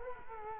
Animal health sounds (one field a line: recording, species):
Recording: mosquito wingbeat signal from an infrared sensor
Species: Culex quinquefasciatus